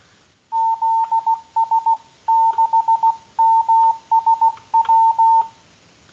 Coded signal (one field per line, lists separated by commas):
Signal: Morse code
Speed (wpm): 16 wpm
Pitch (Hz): 900 Hz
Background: none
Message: ZS6MSW